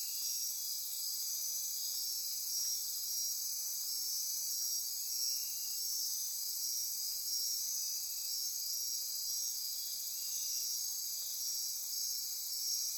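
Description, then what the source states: Insect night chorus of steady high ringing and pulsed trilling from many callers, a seamless, unbroken wall of sound. Insect chorus recorded at midnight near Corcovado.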